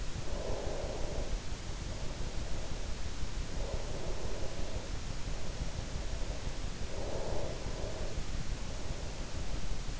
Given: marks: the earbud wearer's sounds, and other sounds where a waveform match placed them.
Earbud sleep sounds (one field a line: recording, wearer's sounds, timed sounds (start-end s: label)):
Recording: sounds in sleep by an in-ear microphone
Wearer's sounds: breath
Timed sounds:
0.00-6.67 s: breath
6.92-9.96 s: breath